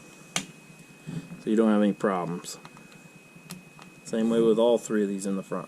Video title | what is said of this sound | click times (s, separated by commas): Unboxing M.2. Install M.2. Fresh Windows Install. Alienware M15 Dell. | As soon as you hear it click, then screw it in. | 0.4 s